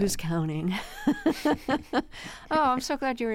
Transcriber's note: laughter